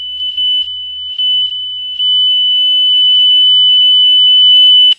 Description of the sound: Crisp electronic medical steady highpitched. Heart monitor flatline.